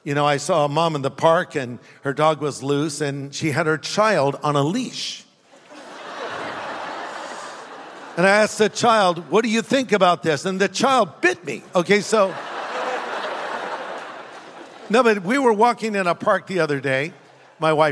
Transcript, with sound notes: You know, I saw a mom in the park and her dog was loose and she had her child on a leash. [Laughter] And I asked the child, "What do you think about this?" And the child bit me. Okay, so. [Laughter] No, but we were walking in a park the other day, my wife and I.